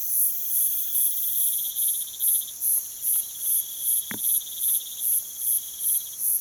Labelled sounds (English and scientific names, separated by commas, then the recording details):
none
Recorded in pastures near Puerto Asís, Putumayo, Colombia, on 25 June 2025 at 04:30
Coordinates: 0.487, -76.322
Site H26